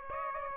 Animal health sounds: mosquito wingbeat signal from an infrared sensor; Aedes aegypti

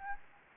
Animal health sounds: mosquito wingbeat signal from an infrared sensor; Anopheles gambiae

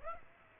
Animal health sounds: mosquito wingbeat signal from an infrared sensor; Aedes aegypti

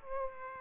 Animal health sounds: mosquito wingbeat signal from an infrared sensor; Aedes aegypti

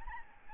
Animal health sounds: mosquito wingbeat signal from an infrared sensor; Aedes albopictus

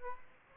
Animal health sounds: mosquito wingbeat signal from an infrared sensor; Aedes aegypti

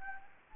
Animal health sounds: mosquito wingbeat signal from an infrared sensor; Anopheles gambiae

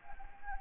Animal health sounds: mosquito wingbeat signal from an infrared sensor; Anopheles gambiae

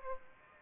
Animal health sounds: mosquito wingbeat signal from an infrared sensor; Aedes aegypti

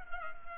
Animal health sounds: mosquito wingbeat signal from an infrared sensor; Culex pipiens

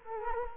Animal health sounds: mosquito wingbeat signal from an infrared sensor; Culex quinquefasciatus

